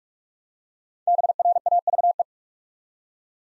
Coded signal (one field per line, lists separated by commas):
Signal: Morse code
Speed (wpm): 44 wpm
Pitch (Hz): 700 Hz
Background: none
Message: BRAVE